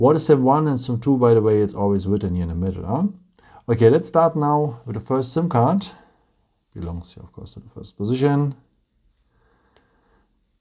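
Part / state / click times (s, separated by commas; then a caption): nano SIM card into phone SIM tray / seated / 9.8 s. Someone talks about placing the first nano SIM card into the first position of the plastic SIM tray of a CMF Phone 1. After the talk stops, the card is pressed firmly until a single short, faint click at 9.8 s shows it has seated in the tray.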